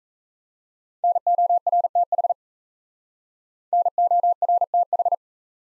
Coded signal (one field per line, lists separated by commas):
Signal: Morse code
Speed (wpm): 36 wpm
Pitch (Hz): 700 Hz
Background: none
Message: NORTH NORTH